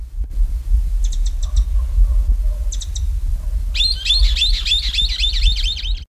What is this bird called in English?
Scimitar-billed Woodcreeper